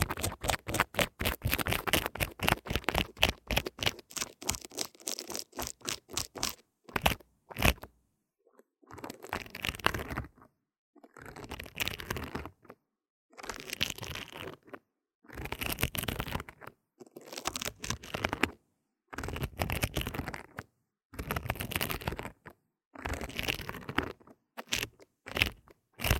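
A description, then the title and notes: Scratching on an earphone mic: for the first seven seconds, rapid regular rasping strokes come thick and fast. After that, the scratching arrives in separate bursts of about a second, each gritty and full-toned, separated by short silences, with a few quick strokes at the end. 刷刷耳麥 | LO-FI | Earphone Mic Scratching | NO Talking.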